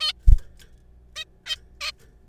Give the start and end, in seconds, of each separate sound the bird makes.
0.01-0.12, 1.16-1.25, 1.46-1.56, 1.81-1.92